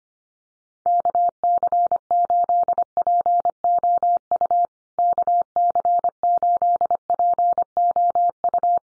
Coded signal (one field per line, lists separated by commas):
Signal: Morse code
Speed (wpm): 25 wpm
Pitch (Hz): 700 Hz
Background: none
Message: KC8POU KC8POU